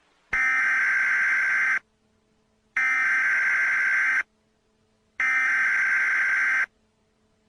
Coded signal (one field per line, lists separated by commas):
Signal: Emergency Alert System (SAME) tones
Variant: header bursts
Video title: EAS PRANK, IGNORE THIS